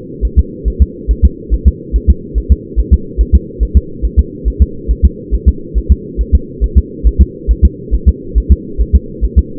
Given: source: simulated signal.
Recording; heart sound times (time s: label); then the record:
fetal heart sounds
0.25 s: S1
0.39 s: S2
0.68 s: S1
0.82 s: S2
1.11 s: S1
1.25 s: S2
1.54 s: S1
1.68 s: S2
1.96 s: S1
2.10 s: S2
2.38 s: S1
2.52 s: S2
2.80 s: S1
2.94 s: S2
3.21 s: S1
3.35 s: S2
3.63 s: S1
3.77 s: S2
4.05 s: S1
4.19 s: S2
4.48 s: S1
4.62 s: S2
4.91 s: S1
5.05 s: S2
5.34 s: S1
5.49 s: S2
5.78 s: S1
5.92 s: S2
6.21 s: S1
6.35 s: S2
6.64 s: S1
6.78 s: S2
7.07 s: S1
7.21 s: S2
7.51 s: S1
7.65 s: S2
7.94 s: S1
8.09 s: S2
8.38 s: S1
8.52 s: S2
8.81 s: S1
8.95 s: S2
9.25 s: S1
9.39 s: S2
From the record:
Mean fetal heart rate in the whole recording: 140 bpm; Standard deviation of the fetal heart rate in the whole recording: 2 bpm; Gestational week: 34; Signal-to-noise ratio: -4.3 dB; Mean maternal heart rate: 72 bpm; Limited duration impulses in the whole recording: absent